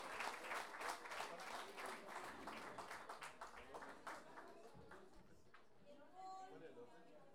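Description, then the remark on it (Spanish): A crowd breaks into steady applause, many hands clapping in a dense, rapid patter that stays loud for several seconds before thinning out, with faint voices emerging near the end, at a payadores pie forzado championship, applauding contestants who did and did not advance to the second phase. “Un aplauso para los que no pasaron y aplauso para los que siguen.”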